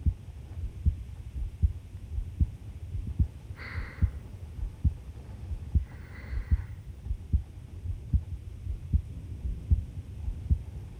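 Normal adult heartbeat, about 76 beats per minute.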